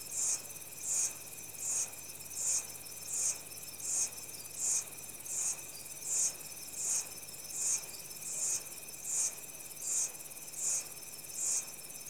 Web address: CENTRAL AFRICA REPUBLIC- Insects, early evening, tropical rainforest. Sound Effects Library-30 (Africa- The Natural World)